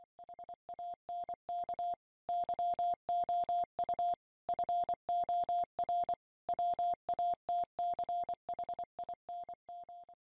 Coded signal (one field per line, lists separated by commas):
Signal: Morse code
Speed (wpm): 25 wpm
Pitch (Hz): 700 Hz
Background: none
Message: HANK YOU FOR WATCHINM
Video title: Sound Card Communications - Slow Scan TV (SSTV)